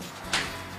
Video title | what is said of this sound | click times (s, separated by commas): Access® Roll Up Cover Installation | unroll the cover and push the bar down until it snaps | 0.3 s